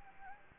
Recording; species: mosquito wingbeat signal from an infrared sensor; Anopheles gambiae